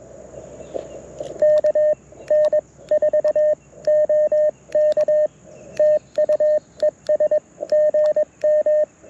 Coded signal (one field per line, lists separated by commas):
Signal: Morse code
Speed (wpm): 21 wpm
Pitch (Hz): 1800 Hz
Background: radio noise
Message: KN4OK TU ES GM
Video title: QRP CW with ATU-10 and PackTenna Random Wire - POTA 8/24/23 @ K-4451